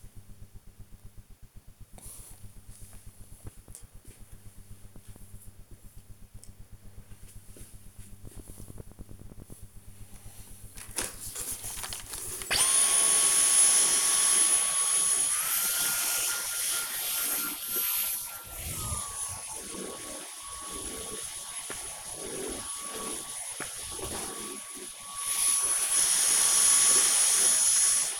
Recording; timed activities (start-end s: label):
household activities, microphone on the right wrist
9.94-28.20 s: vacuum cleaning